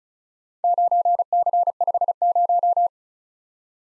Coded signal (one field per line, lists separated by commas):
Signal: Morse code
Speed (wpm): 36 wpm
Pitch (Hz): 700 Hz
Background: none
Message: 9C50